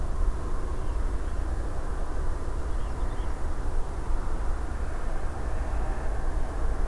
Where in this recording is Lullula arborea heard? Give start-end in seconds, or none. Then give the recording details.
0.72-1.44, 2.69-3.36. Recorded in France